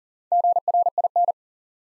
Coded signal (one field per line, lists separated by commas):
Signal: Morse code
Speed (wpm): 41 wpm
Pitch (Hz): 700 Hz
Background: none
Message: GRIN